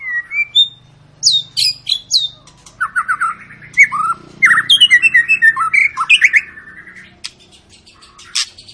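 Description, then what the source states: White-rumped shama song: high falling whistles, then a dense chattering sequence of quick notes and harsh chips, with a steady low hum beneath. Long lure recording of actively singing white-rumped shama, played to make other birds sing.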